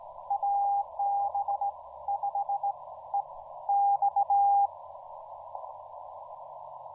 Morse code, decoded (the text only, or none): AB5EX